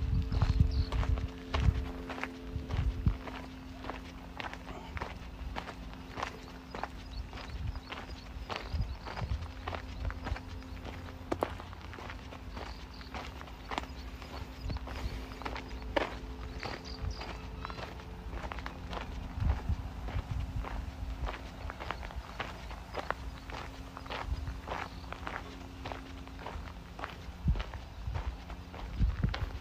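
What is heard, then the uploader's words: Footsteps walk steadily through Modiin, Israel, with frequent sharp taps over a low rumble and a faint steady hum throughout. City Park Sounds. Walking In Modiin, Israel.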